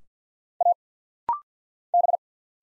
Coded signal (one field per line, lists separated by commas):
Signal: Morse code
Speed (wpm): 50 wpm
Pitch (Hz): 700 Hz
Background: none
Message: A B